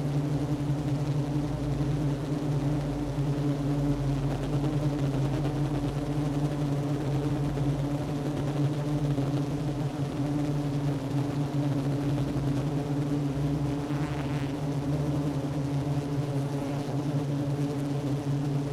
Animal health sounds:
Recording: honeybee colony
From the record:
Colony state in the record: active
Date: 12 June 2018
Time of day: 10:26

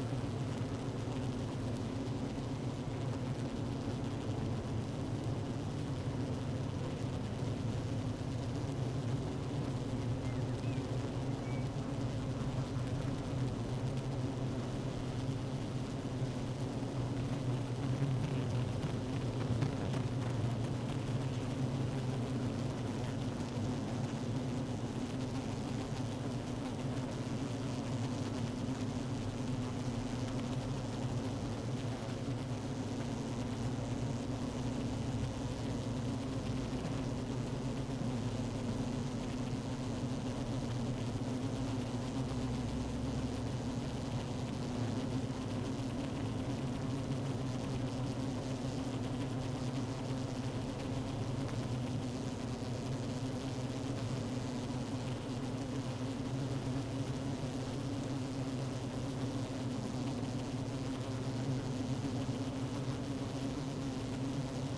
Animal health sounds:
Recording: honeybee colony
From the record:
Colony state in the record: active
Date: 12 June 2018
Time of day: 15:43

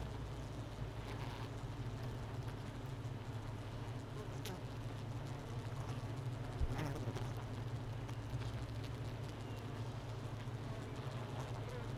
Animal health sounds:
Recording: honeybee colony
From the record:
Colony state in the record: missing queen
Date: 31 May 2018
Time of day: 9:20

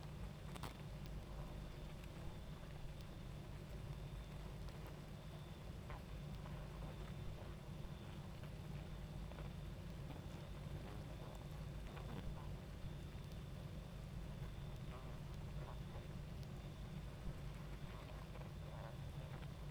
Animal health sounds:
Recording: honeybee colony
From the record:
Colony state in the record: active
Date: 28 July 2017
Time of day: 22:19

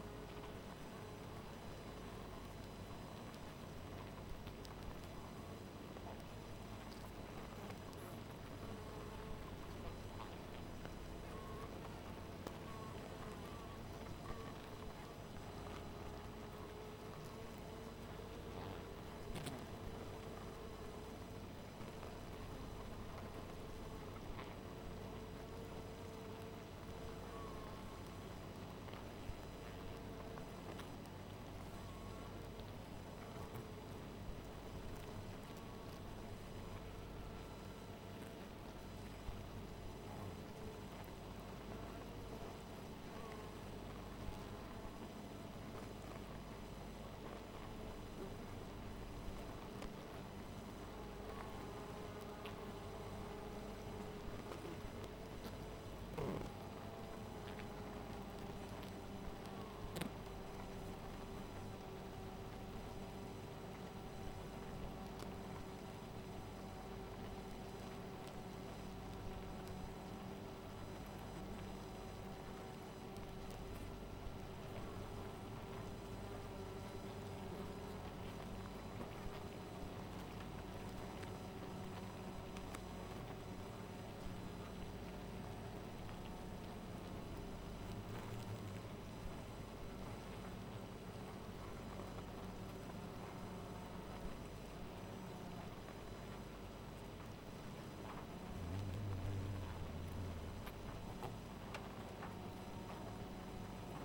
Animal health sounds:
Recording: honeybee colony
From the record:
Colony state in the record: missing queen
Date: 14 July 2017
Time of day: 1:56

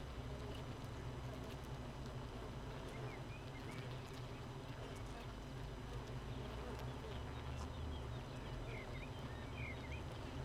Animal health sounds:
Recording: honeybee colony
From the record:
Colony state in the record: missing queen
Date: 31 May 2018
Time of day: 4:01

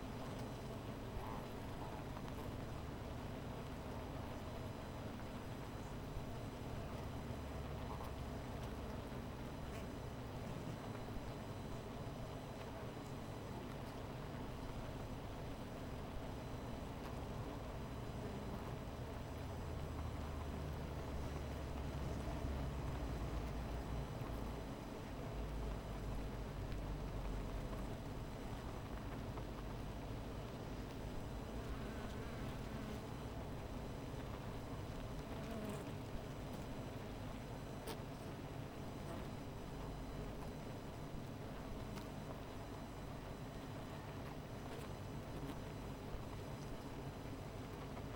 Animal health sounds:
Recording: honeybee colony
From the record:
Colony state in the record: missing queen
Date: 14 July 2017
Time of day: 16:56

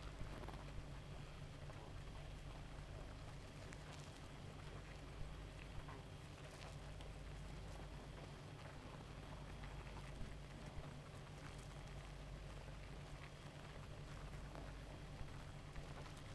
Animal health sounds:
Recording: honeybee colony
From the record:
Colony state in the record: active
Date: 28 July 2017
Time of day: 0:51

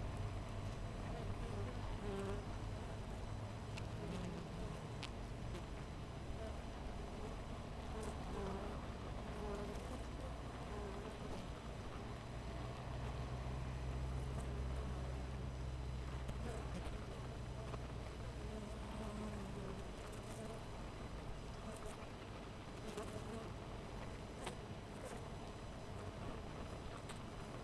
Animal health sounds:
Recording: honeybee colony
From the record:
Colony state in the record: missing queen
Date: 14 July 2017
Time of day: 6:07

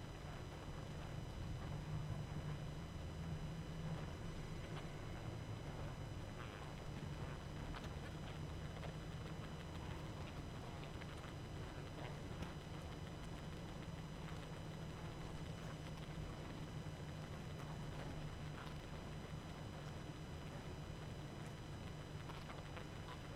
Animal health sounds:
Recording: honeybee colony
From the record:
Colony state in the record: active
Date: 12 June 2018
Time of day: 22:22

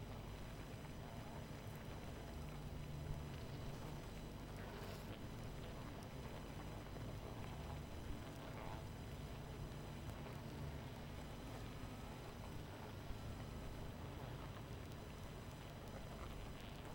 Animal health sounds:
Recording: honeybee colony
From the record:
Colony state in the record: missing queen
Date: 14 July 2017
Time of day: 22:37

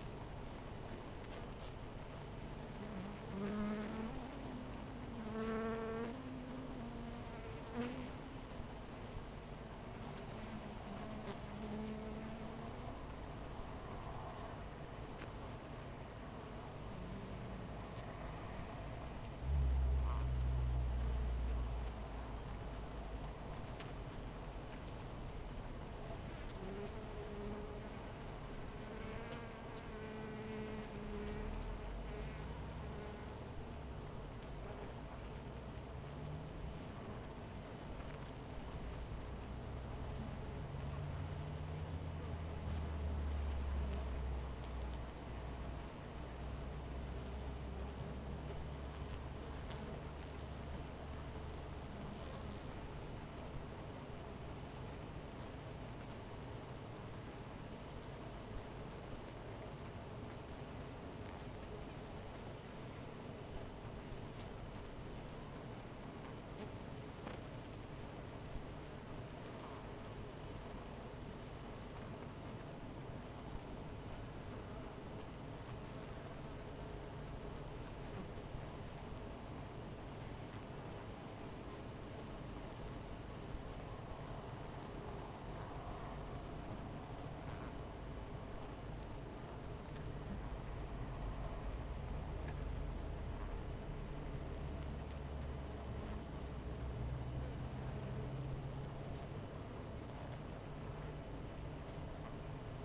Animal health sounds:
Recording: honeybee colony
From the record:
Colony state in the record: missing queen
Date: 14 July 2017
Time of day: 17:36

